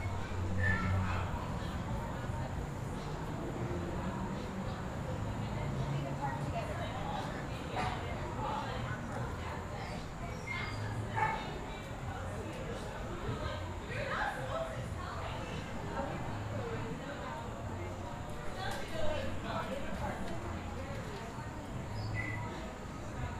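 Patio chatter at a brewery on Central Ave: overlapping voices in a steady murmur, low traffic rumble beneath, occasional brief clinks and bumps.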